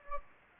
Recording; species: mosquito wingbeat signal from an infrared sensor; Anopheles gambiae